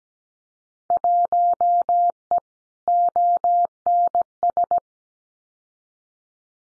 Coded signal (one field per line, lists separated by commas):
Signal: Morse code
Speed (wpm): 17 wpm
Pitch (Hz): 700 Hz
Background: none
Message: 1E ONS